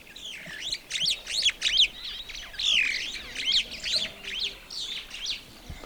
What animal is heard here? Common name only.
Superb Starling